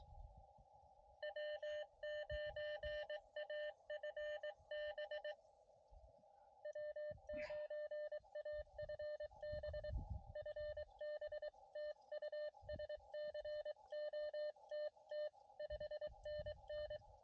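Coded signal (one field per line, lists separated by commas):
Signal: Morse code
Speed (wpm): 22 wpm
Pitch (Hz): 590 Hz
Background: none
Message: W9AFB W9AFB FB TU SCOTT 5NN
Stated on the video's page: CW POTA park activation on an Elecraft KX2 with a Chelegance MC-750 antenna and a Pico paddle.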